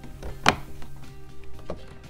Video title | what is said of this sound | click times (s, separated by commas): How to Install Subaru Door Panels...the RIGHT WAY! | this piece actually just snaps right in right around that little door handle | 0.5 s